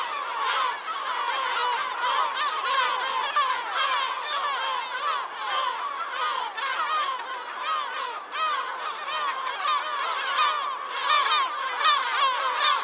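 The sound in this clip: Bird flock in full chorus, many overlapping nasal honks and chattering notes running without pause throughout.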